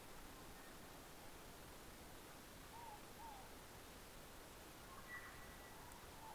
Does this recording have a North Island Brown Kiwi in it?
no